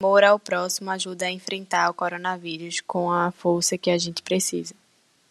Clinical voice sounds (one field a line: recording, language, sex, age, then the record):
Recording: spoken sentence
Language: Brazilian Portuguese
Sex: female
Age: 20 to 29 years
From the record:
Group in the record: control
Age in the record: 22 years